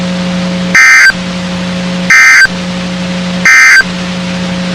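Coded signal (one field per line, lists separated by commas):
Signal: Emergency Alert System (SAME) tones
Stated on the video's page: NOAA Weather Radio station WXK35, Waco, Texas, broadcasting severe thunderstorm warnings.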